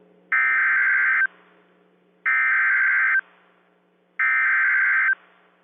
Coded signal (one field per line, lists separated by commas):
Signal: Emergency Alert System (SAME) tones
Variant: header bursts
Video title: FROM SEBRING TO SALEM.. | EAS Alerts from 3/15-3/28/23 (EAS #816 - 826)